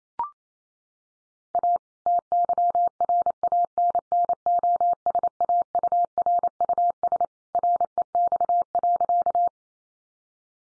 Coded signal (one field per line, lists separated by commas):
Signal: Morse code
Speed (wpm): 28 wpm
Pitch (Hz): 700 Hz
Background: none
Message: A TYRANNOSAURUS REX.